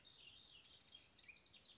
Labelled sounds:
House Wren (Troglodytes aedon)
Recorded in Sonoma County, California

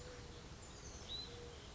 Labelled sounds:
Hutton's Vireo (Vireo huttoni)
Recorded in Sonoma County, California

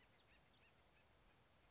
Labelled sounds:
Acorn Woodpecker (Melanerpes formicivorus)
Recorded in Sonoma County, California

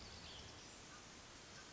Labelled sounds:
Pacific Wren (Troglodytes pacificus)
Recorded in Sonoma County, California

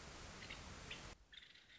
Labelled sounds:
Nuttall's Woodpecker (Dryobates nuttallii)
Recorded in Sonoma County, California

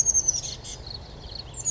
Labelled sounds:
Oak Titmouse (Baeolophus inornatus)
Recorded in Sonoma County, California

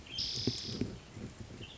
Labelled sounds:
Spotted Towhee (Pipilo maculatus)
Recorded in Sonoma County, California

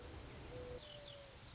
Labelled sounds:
Mourning Dove (Zenaida macroura)
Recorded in Sonoma County, California

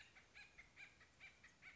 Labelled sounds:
Acorn Woodpecker (Melanerpes formicivorus)
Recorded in Sonoma County, California

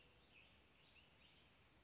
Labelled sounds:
Western Flycatcher (Empidonax difficilis)
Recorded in Sonoma County, California

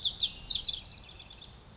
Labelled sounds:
Pacific Wren (Troglodytes pacificus)
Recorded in Sonoma County, California

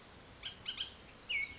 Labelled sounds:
Bullock's Oriole (Icterus bullockii)
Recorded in Sonoma County, California

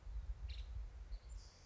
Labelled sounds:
Nuttall's Woodpecker (Dryobates nuttallii)
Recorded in Sonoma County, California

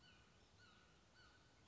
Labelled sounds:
Red-shouldered Hawk (Buteo lineatus)
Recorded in Sonoma County, California

